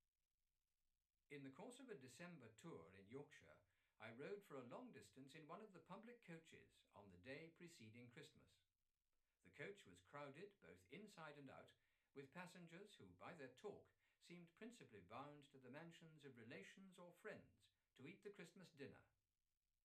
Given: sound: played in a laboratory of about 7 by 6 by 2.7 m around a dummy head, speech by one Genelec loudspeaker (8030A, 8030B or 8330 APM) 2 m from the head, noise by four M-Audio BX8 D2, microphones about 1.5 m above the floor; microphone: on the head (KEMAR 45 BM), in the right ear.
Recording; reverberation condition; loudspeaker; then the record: male speech in English; low; 150 degrees to the right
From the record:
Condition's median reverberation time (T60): about 310 ms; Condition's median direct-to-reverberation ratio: about 3.5 dB